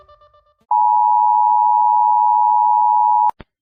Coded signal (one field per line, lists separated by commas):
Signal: Emergency Alert System (SAME) tones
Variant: 853 and 960 Hz attention tone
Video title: rateing EAS alerts pt 2 cause my stomach hurts :/